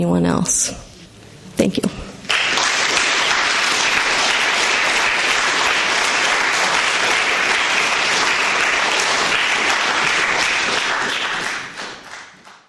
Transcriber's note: applause